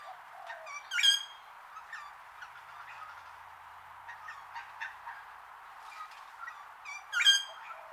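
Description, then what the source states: Wattlebird calls: two loud, harsh harmonic squawks about six seconds apart, with softer scattered chattering notes between them. A long call.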